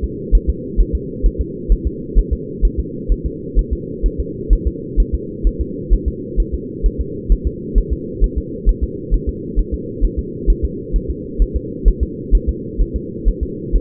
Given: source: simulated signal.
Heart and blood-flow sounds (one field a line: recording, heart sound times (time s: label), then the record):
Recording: fetal heart sounds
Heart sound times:
0.04 s: S2
0.35 s: S1
0.50 s: S2
0.80 s: S1
0.95 s: S2
1.26 s: S1
1.41 s: S2
1.72 s: S1
1.87 s: S2
2.19 s: S1
2.33 s: S2
2.65 s: S1
2.80 s: S2
3.12 s: S1
3.26 s: S2
3.59 s: S1
3.73 s: S2
4.06 s: S1
4.20 s: S2
4.53 s: S1
4.68 s: S2
5.00 s: S1
5.15 s: S2
5.47 s: S1
5.61 s: S2
5.94 s: S1
6.08 s: S2
6.40 s: S1
6.54 s: S2
6.86 s: S1
7.01 s: S2
7.32 s: S1
7.47 s: S2
7.78 s: S1
7.93 s: S2
8.24 s: S1
8.38 s: S2
8.69 s: S1
8.84 s: S2
9.14 s: S1
9.29 s: S2
9.59 s: S1
9.74 s: S2
10.05 s: S1
10.19 s: S2
10.50 s: S1
10.65 s: S2
10.96 s: S1
11.10 s: S2
11.42 s: S1
11.57 s: S2
11.88 s: S1
12.03 s: S2
12.35 s: S1
12.49 s: S2
12.82 s: S1
12.96 s: S2
13.28 s: S1
13.43 s: S2
13.76 s: S1
From the record:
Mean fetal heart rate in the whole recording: 130 bpm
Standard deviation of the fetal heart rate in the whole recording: 2 bpm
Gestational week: 36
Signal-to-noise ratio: -4.1 dB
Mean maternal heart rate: no maternal heart sound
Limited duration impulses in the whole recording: absent